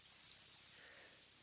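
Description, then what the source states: Greater sac-winged bat babbling: rapid train of very high, squeaky syllables repeating about ten times a second, a short pause, then the series resumes. Baby bats babbling, sometimes for 40 minutes, in Central or South America; recorded by day at roosts in a tree or abandoned house; babbling unique among bat species.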